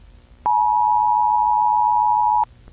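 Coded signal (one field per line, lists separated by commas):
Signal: Emergency Alert System (SAME) tones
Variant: 853 and 960 Hz attention tone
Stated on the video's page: Fictional EAS scenario; alarm sounds same as the real ones.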